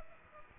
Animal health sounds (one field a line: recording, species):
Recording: mosquito wingbeat signal from an infrared sensor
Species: Aedes aegypti